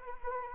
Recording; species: mosquito wingbeat signal from an infrared sensor; Anopheles arabiensis